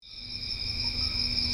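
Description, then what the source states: Cricket song: an unbroken high, steady trill held throughout, with fainter lower tones beneath. Nocturnal song recorded at El Ancón, municipality of La Paz, Baja California Sur.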